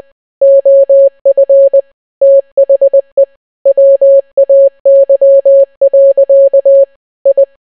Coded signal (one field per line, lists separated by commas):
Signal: Morse code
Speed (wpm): 20 wpm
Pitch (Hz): 550 Hz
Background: none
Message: OF THE WAY. I